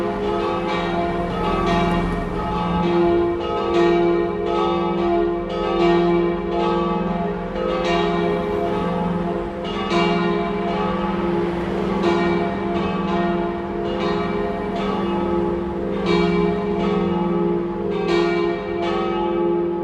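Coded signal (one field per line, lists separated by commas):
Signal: bell signal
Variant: battiore e dopli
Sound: several church bells rung together in a rapid, continuous, overlapping peal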